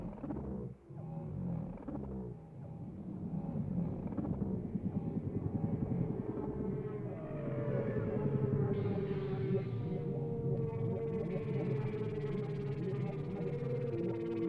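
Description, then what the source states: Whale song of long droning moans and a sustained level tone over a dense low rumble. Whale sounds without music, for sleep.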